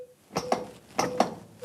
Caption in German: Hören Sie den Piepston? Das ist die Geschwindigkeit, wie Sie jetzt drücken müssen. Ca. 5 cm tief.